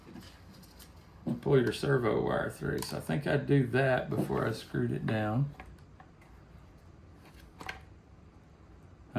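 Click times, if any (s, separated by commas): 7.6 s, 7.7 s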